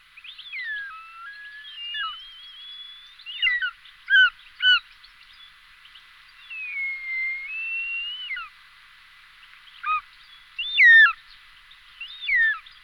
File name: Orlik kratkoprsty Circaetus gallicus